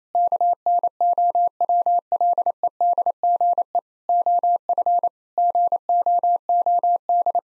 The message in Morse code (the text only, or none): KNOWLEDGE OF GOOD